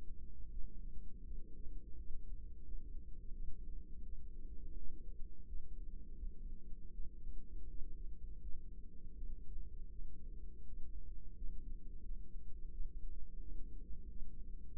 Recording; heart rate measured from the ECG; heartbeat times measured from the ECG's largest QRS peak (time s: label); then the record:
heart sounds by microphone in the right ear; 84 bpm
0.48 s: heartbeat
1.22 s: heartbeat
1.94 s: heartbeat
2.62 s: heartbeat
3.32 s: heartbeat
4.02 s: heartbeat
4.74 s: heartbeat
5.44 s: heartbeat
6.15 s: heartbeat
6.90 s: heartbeat
7.66 s: heartbeat
8.38 s: heartbeat
9.13 s: heartbeat
9.89 s: heartbeat
10.63 s: heartbeat
11.33 s: heartbeat
12.01 s: heartbeat
12.69 s: heartbeat
13.39 s: heartbeat
14.06 s: heartbeat
14.70 s: heartbeat
From the record:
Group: healthy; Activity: rest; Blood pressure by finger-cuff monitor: 120/64 mmHg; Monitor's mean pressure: 84 mmHg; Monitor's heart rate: 85 bpm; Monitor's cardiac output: 7.8 L/min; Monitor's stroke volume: 94 mL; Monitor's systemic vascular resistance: 780 dyn s/cm5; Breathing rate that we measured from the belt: 20 breaths a minute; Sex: female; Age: 24 years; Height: 163 cm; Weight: 55.7 kg